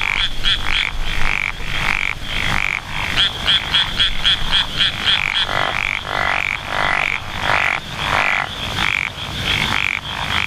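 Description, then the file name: Japanese wrinkled frog croaking in short raspy notes in uneven bursts, over a rapid high pulsed chirping series and a steady insect-like drone. "tsuchigaeru"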